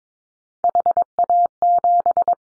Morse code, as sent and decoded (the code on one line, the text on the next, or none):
.... .- --...
HA7